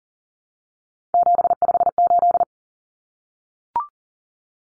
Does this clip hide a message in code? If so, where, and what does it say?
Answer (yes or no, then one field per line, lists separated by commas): yes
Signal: Morse code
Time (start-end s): 1.1-2.4 s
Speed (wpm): 40 wpm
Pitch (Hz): 700 Hz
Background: none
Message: 758